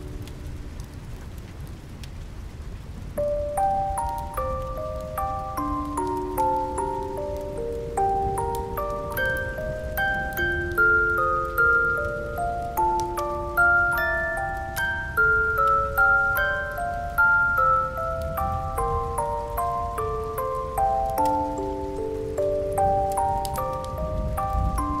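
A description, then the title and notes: Steady, soft rain patters throughout over a low, constant rumble. About three seconds in, gentle chime-like notes begin, ringing and overlapping in a slow, wandering melody that steps up and down through the middle and upper range until the end. Taking a nap in howl's room while it's raining.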